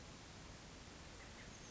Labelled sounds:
Oak Titmouse (Baeolophus inornatus)
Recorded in Sonoma County, California

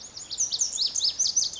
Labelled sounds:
Lazuli Bunting (Passerina amoena)
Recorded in Sonoma County, California

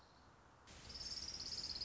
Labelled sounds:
Orange-crowned Warbler (Leiothlypis celata)
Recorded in Sonoma County, California

